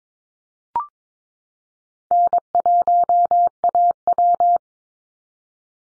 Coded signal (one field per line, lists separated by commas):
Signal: Morse code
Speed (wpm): 22 wpm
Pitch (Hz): 700 Hz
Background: none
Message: N1AW